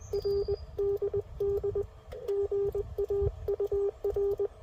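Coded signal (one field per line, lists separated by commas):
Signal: Morse code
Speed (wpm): 20 wpm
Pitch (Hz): 400 Hz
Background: none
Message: RDD GAUR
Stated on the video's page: Morse from a park activation at a rare park, using FT-857, Putikeeg key and JPC-7 dipole.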